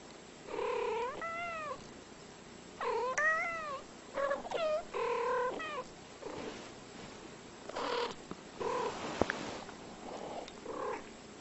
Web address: hayvanlar cats